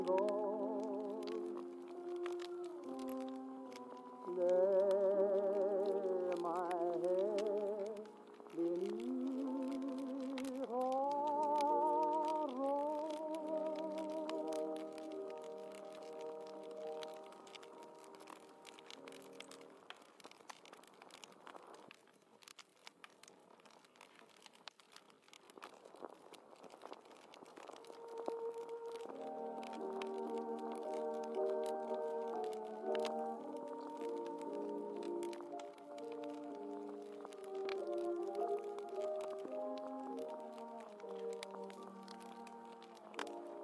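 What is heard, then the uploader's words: Old music plays throughout, a singing voice and instruments sliding and wavering in the middle and low range, loudest around five seconds and thinning out near twenty to twenty-eight seconds before returning. Steady fine crackling and a soft wind-like hiss run underneath the whole time. Oldies playing in another room and it's snowing (crackling fireplace & blizzard).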